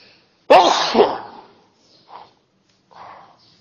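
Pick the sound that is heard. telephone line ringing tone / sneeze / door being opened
sneeze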